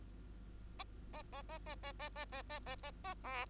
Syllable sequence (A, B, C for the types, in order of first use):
A A A A A A A A A A A A A B